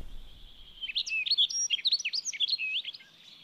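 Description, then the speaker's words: Rustic Bunting singing one brisk, high, ringing warble of tumbling sweet notes lasting about two seconds. Song heard in spring; described as a beautiful, rhythmically ringing warble; species declining. "Onnellinen se, joka näinä viikkoina vielä kuulee pohjansirkun kauniin, rytmikkäästi helkkyvän liveryksen."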